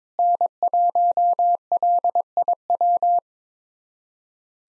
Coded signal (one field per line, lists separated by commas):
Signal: Morse code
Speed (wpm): 21 wpm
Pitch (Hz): 700 Hz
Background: none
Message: N1LIW